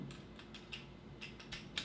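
A plastic foot section on the leg of a Weijiang Calculation King transforming robot toy is handled with a series of small, light plastic ticks and clicks. The second foot section is then pressed until it snaps home with a sharper, louder click at 1.8 s, locking into the leg.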